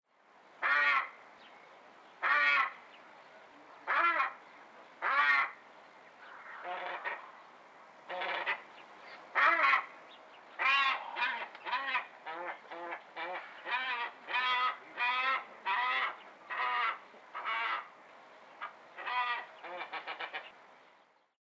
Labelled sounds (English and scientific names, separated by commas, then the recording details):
Glossy Ibis (Plegadis falcinellus)
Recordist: Tembrock, Günter
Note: Lautfolge eines Tieres